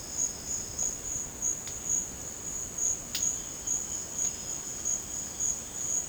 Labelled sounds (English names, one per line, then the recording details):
none
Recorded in dense forest near Puerto Asís, Putumayo, Colombia, on 12 March 2025 at 12:30
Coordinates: 0.486, -76.317
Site G053